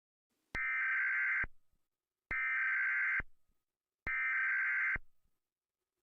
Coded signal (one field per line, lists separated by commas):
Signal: Emergency Alert System (SAME) tones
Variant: header bursts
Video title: EAS Scenario #9 - Radioactive Outbreak (100 Subscribers)